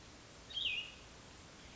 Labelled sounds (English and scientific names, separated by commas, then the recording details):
Cassin's Vireo (Vireo cassinii)
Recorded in Sonoma County, California